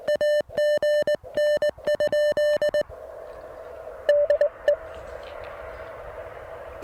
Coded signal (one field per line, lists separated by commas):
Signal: Morse code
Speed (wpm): 21 wpm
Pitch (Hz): 600 Hz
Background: music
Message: AGN? DE